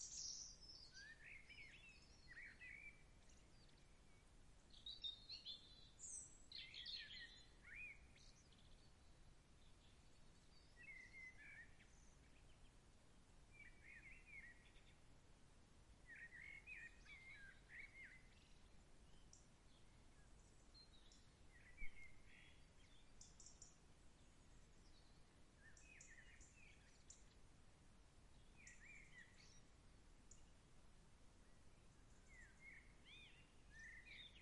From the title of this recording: Birds sounds